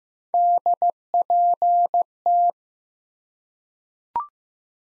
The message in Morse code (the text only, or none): DPT